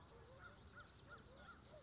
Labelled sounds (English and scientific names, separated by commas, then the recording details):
American Crow (Corvus brachyrhynchos)
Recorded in Sonoma County, California